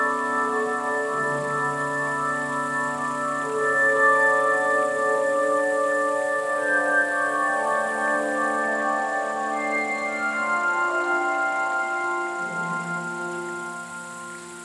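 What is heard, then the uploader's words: Tibetan bowls ring in long, overlapping sustained tones, with new strikes around one, four, ten and twelve seconds. The pitches shift and beat slowly against each other, low hums under bright ringing overtones, and the sound fades gradually toward the end. Tibetan Bowls ASMR.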